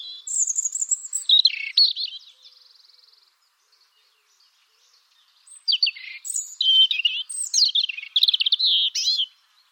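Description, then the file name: European robin song: high, thin warbling phrases of trills and sweet whistles, a burst of about three seconds, a pause, then a longer varied phrase. "Erithacus rubecula"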